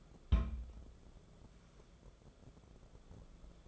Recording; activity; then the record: daily activity, microphone in the room; place on stove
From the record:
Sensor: 5